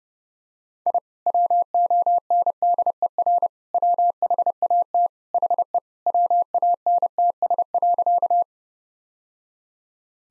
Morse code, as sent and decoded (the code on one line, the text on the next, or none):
.. / .-- --- -. -.. . .-. / .-- .... .- - / .... . / .-- .- -. - ... .-.-.-
I WONDER WHAT HE WANTS.